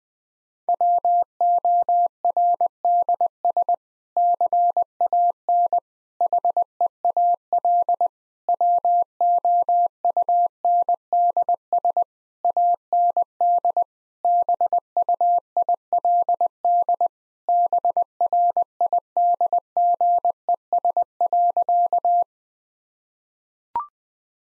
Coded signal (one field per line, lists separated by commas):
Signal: Morse code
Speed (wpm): 20 wpm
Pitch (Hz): 700 Hz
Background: none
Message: WORDS CAN HEAL WOUNDS AND BUILD BRIDGES.